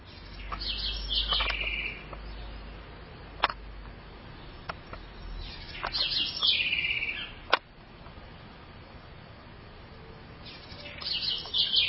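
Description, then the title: Southern house wren song, three hurried warbling phrases of high chirps and trills, separated by pauses of a few seconds, with scattered clicks and low hum. "cURRUIRA"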